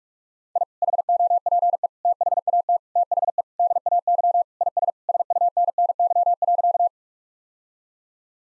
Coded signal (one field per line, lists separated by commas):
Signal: Morse code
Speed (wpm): 43 wpm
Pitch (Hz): 700 Hz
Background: none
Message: I HOPE THAT THE DAY IS SUNNY.